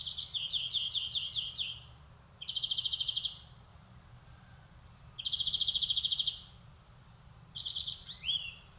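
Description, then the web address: European greenfinch giving fast, even trills roughly every two to three seconds, opening with a quicker stuttering series and ending with a sharp upward-sweeping note. "SETE data Chloris chloris"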